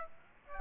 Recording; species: mosquito wingbeat signal from an infrared sensor; Aedes aegypti